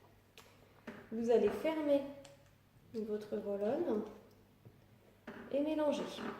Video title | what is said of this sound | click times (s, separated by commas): Comment soulager les angoisses d'un adolescent avec des huiles essentielle | Il faut bien entendre le clip. | 0.4 s